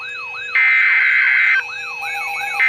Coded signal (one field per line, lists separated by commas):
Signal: Emergency Alert System (SAME) tones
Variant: header bursts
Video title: Special Marine Warning #2 - 08/11/21 (EAS #2,398)